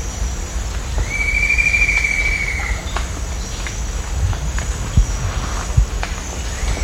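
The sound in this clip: Bird giving a long, buzzy, level note lasting over a second, with a faint similar note near the end and a few clicks over low background hum.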